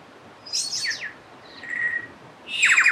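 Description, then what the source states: Bird producing a cascade of falling whistles, a pause, a steady whistled tone, then a rapid rattling burst at the end. Birds nicknamed Star Wars birds, recorded along the Turangi River loop, New Zealand.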